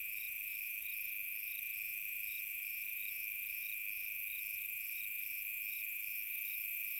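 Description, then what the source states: Cricket chorus of constant high trilling and rapid, regularly spaced chirps, unchanging throughout. Recorded on a summer night.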